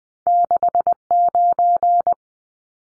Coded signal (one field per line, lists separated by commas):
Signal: Morse code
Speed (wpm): 20 wpm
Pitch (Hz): 700 Hz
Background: none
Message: 69